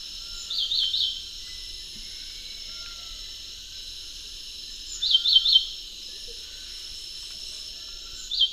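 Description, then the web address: White-breasted wood wren singing short warbled phrases of quick up-and-down whistles, repeated every few seconds, against constant high-pitched insect buzzing. Recorded in the eastern lowlands of South America; song. "Natures Songs S America Eastern Lowlands Henicorhina leucosticta, song"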